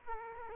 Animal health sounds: mosquito wingbeat signal from an infrared sensor; Aedes aegypti

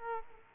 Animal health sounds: mosquito wingbeat signal from an infrared sensor; Culex quinquefasciatus

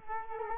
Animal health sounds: mosquito wingbeat signal from an infrared sensor; Culex quinquefasciatus

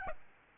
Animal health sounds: mosquito wingbeat signal from an infrared sensor; Aedes aegypti

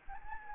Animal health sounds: mosquito wingbeat signal from an infrared sensor; Anopheles gambiae

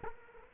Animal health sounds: mosquito wingbeat signal from an infrared sensor; Culex quinquefasciatus

